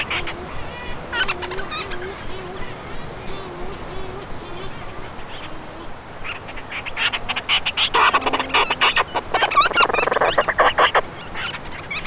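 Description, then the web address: Madeiran storm petrel calls: soft scattered chatter at first, then a loud, dense run of rapid pulsed churring notes in the later part. "painho-madeira geral Vocalizacoes"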